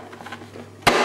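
A plastic clean water tank is wedged into the body of a Vax Floormate hard floor cleaner and pushed in single-handed, with soft rubbing and faint taps. A sharp, loud click at 0.9 s shows the tank has seated, followed by a burst of broadband noise to the end.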